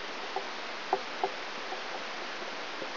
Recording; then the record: brain microelectrode recording played as sound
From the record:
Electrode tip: inside the subthalamic nucleus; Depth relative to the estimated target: 2.5 mm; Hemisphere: right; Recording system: AlphaMap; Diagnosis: Parkinson's disease